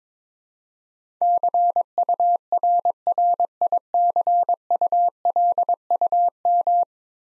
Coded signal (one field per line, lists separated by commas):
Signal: Morse code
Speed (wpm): 22 wpm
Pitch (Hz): 700 Hz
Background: none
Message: CURRICULUM